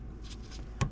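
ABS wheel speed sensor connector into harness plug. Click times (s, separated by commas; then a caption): 0.8 s. The plastic ABS wheel speed sensor wire connector on a 2006-2011 Honda Civic, during a rear wheel bearing and hub assembly replacement, is pressed into its mating harness plug socket. After faint handling rustles, a sharp click sounds at 0.8 s as the connector seats securely.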